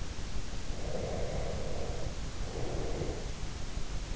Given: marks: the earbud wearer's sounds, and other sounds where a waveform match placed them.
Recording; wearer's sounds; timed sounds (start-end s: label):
sounds in sleep by an in-ear microphone; breath
0.67-3.34 s: breath